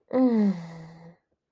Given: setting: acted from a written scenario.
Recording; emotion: vocal sound without words; romantic love